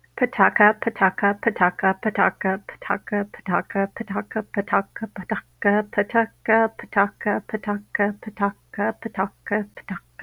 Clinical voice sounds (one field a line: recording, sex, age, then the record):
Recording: repeated syllables /pa ta ka/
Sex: female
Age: 60 to 69 years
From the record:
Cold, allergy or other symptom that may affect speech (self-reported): no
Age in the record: 61 years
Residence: Washington, United States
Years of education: 16